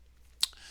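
A small metal tin box, used as a drawer, is pushed back onto a DIY EDC key organizer. It gives one sharp, bright click at 0.4 seconds, showing the tin box has seated and locked in place. The rest of the clip is quiet background.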